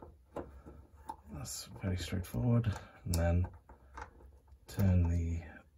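Someone talks while handling a plastic Peco PL1000/PL1001 TwistLock model railway turnout point motor under the baseboard, about to turn it clockwise so its bayonet twist-lock engages in its baseboard mount. Only faint handling taps and ticks are heard under the speech. Nothing has seated or clicked yet.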